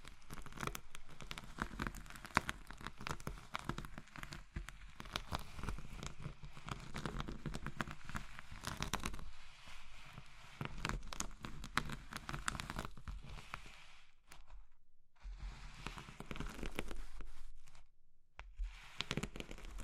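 Crushing of soft, brittle material like soap, chalk or meringue, made of dense, rapid crackles and crumbles that run almost continuously. The crunching is bright and gritty, easing briefly near 14 and 18 seconds before resuming.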